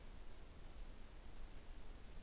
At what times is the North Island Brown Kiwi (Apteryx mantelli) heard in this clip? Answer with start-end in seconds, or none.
none